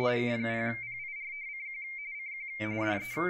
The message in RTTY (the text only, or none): K0PIRCQ CQ DE